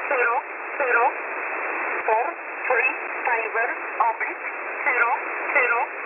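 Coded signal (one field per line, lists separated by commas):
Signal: numbers station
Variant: E11 (Oblique)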